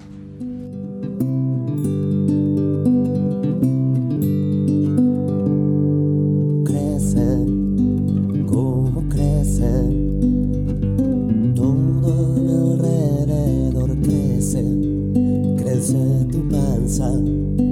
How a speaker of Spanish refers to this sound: Si el tigre lo dispone, escuchamos otro tema de nuestra banda del día,